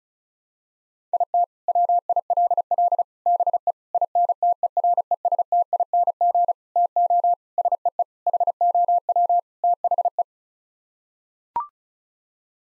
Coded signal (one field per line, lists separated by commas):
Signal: Morse code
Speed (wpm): 36 wpm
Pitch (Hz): 700 Hz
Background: none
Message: IT WILL BE INTERESTING TO SEE HOW THE